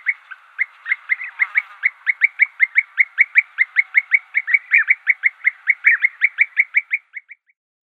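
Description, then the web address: European bee-eater calls, short liquid rolled notes repeated rapidly in a long run that fades out at the end. "Schulze Peter European Bee-eater"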